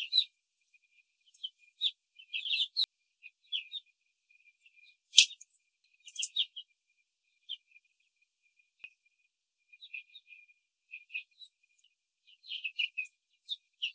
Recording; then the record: young laying hens in a cage, short pieces joined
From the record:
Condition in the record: control cage, after the stress test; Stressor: none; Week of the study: 4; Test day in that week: 3